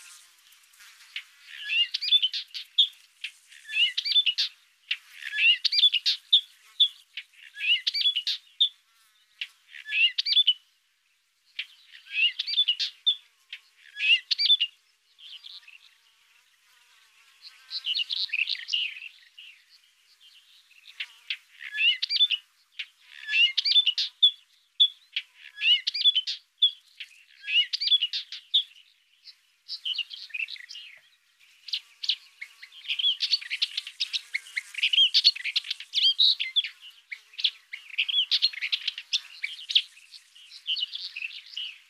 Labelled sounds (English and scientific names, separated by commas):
Upcher's Warbler (Hippolais languida) song